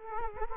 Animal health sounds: mosquito wingbeat signal from an infrared sensor; Culex quinquefasciatus

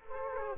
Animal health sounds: mosquito wingbeat signal from an infrared sensor; Culex quinquefasciatus

